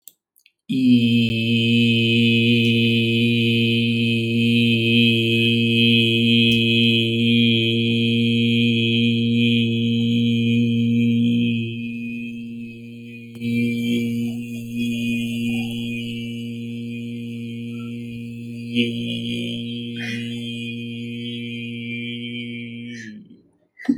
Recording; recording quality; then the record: sustained vowel as in beet; moderate, slight background noise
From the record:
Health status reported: healthy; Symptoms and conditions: none ticked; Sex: male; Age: 35 years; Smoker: not ticked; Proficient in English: yes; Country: India